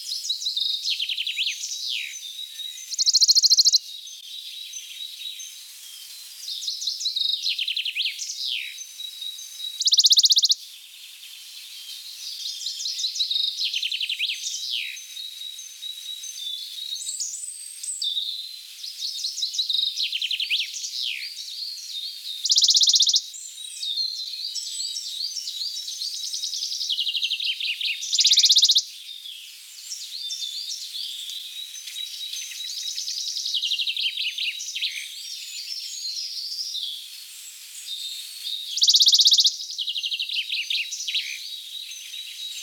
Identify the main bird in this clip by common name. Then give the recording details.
Western Bonelli's Warbler. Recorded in the wild. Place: Wutachmühle / Südschwarzwald, Baden-Württemberg, DE. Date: 1984-05-30. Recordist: Schwarz, Dieter